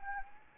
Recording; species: mosquito wingbeat signal from an infrared sensor; Anopheles arabiensis